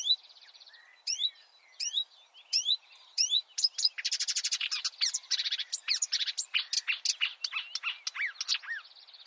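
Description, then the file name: Marsh warbler song, a hurried medley of sharp rising whistles, scratchy chatters and buzzy rattles, each phrase changing quickly into the next. "suara-kicauan-burung-marsh-warbler -omkicau"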